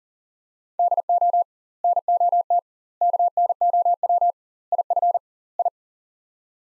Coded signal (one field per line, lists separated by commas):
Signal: Morse code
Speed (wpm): 37 wpm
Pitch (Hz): 700 Hz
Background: none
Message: DO NOT KNOW IF I